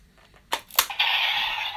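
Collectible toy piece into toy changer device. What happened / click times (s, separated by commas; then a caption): The plastic piece clicked into its slot / 0.8 s. A plastic collectible piece is pushed into the slot of a plastic toy transformation changer, with a faint tap, a sharp snap at 0.5 s, and a loud click at 0.8 s. A bright, steady hissing sound follows from 1.0 s to the end. The piece is seated in the changer and won't come out.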